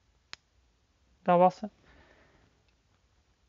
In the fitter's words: zoals ik links al efkens de klik bij de microfoon laten horen te